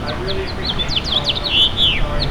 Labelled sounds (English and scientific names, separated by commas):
House Finch (Haemorhous mexicanus) song